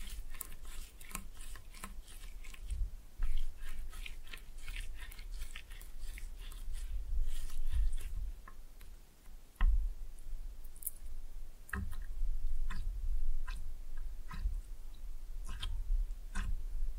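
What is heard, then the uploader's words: Slime is pressed and mixed with no talking, giving a steady run of short, sticky clicks and wet pops. The pops come irregularly but constantly across the clip, some sharper and brighter, with a sharp one near ten seconds, over a low, soft rumble. Slime No Talking (Pressing and Mixing).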